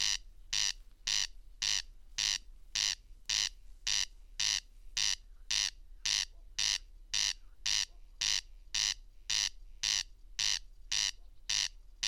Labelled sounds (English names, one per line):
Corn Crake song